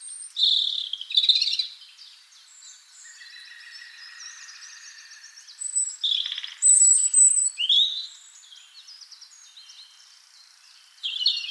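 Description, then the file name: European robin song: rich, varied high warbling with thin sustained whistles and fast tinkling trills, broken by short pauses and rising again at the end. "Erithacus rubecula"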